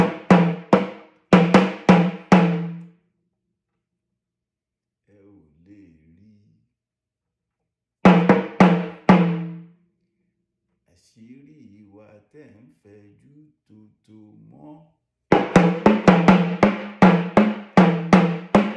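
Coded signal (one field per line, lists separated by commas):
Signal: talking drum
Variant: Yoruba sakara drum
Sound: three bursts of rapid low drum strokes, with softer spoken or sung phrases between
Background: voice between phrases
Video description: Playing "Aṣiri Wa Tẹ Nfẹju Toto Mọ" with the Yoruba Orunsha Sakara talking drum by Jammal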